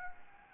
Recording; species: mosquito wingbeat signal from an infrared sensor; Anopheles gambiae